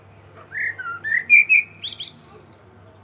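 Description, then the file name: Common blackbird singing a mellow whistled warble of several notes, finishing with a thin, high twittering flourish. "Turdus merula"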